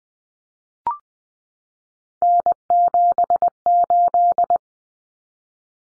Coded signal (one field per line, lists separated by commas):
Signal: Morse code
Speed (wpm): 20 wpm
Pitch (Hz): 700 Hz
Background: none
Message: N78